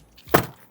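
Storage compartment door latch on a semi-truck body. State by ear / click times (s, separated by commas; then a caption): seated / 0.3 s. The small exterior storage compartment door on a 2022 Freightliner Cascadia semi-truck, used for flares and emergency items, is pushed closed. A faint tap at 0.2 s is followed by a sharp click at 0.4 s as the latch catches, and the door is latched shut.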